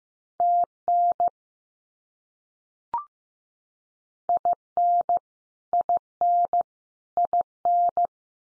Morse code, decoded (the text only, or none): TN IN IN IN